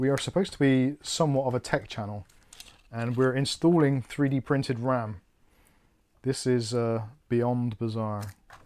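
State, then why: Not seated. Someone talks while handling a black 3D-printed plastic dummy DDR4 RAM stick at a motherboard DIMM memory slot, with a brief quiet pause partway through. Nothing has seated or clicked into the slot yet.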